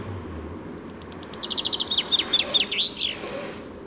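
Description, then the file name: Common chaffinch song of accelerating high chirps slurring lower into a descending trill, finishing with an emphatic flourish; faint low hum behind. "Fringilla coelebs"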